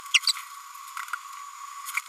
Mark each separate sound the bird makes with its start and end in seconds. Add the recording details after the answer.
0.14-0.20. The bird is a female. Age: 32 days. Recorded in a nest box in Venezuela. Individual 17B102A5